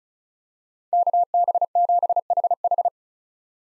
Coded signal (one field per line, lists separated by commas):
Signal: Morse code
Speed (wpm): 36 wpm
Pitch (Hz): 700 Hz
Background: none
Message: KB7HH